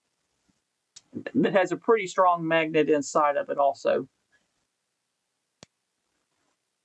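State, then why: Seated. A small metal driver bit is put into the magnetic socket of a pen-style bit driver and held up close to the microphone. Someone talks from about 1.1 to 4.1 seconds. Then the strong internal magnet pulls the bit home with a single sharp click at 5.6 seconds, and the bit is seated.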